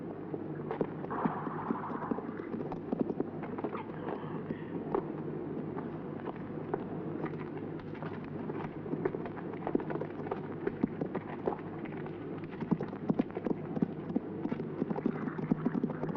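horse hooves clip-clopping

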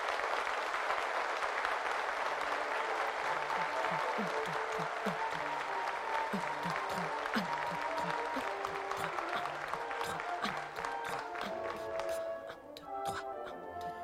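applause

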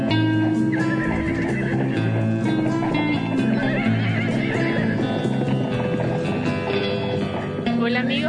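horse neighing

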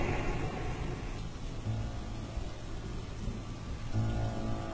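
heavy rain with thunder

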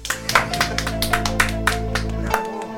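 hand clapping

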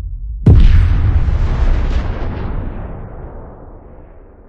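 explosion

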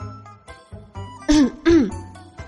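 dry cough

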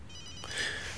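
mobile phone ringing

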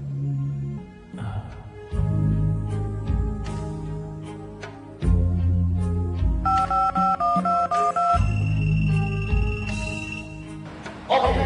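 telephone keypad dialing tones

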